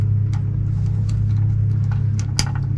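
A wire terminal's locking tongue is pushed into the top cavity of a plastic headlight or taillight connector while wiring a 1968 Barracuda. Over a steady low hum and a few faint ticks, a sharp click is heard at 2.4 s as the terminal seats into the connector.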